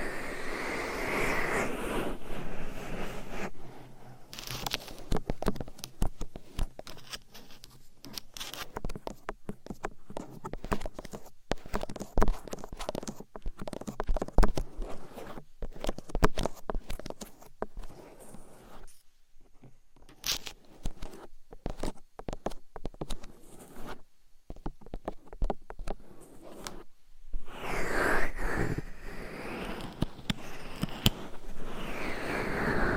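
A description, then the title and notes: Close microphone scratching and rubbing fill the clip with dense, crackly friction, broken by many quick taps and short silent gaps, especially around the middle. Longer smooth rubbing strokes open and close the clip, with soft thuddy low rumbles throughout. ASMR Mic Scratching , Massage & Tapping in Your Ears. No Talking.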